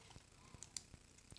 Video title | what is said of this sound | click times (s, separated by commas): DJI Mini 3 Pro SKYREAT Case & Accessories - PLUS ND Filter Giveaway | and it pops right off | 0.6 s, 0.8 s